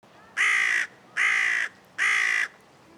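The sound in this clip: Carrion crow calling, three harsh, hoarse caws, each about half a second long, evenly spaced roughly every 0.8 seconds.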